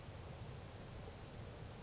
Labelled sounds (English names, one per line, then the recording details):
Grasshopper Sparrow
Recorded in Sonoma County, California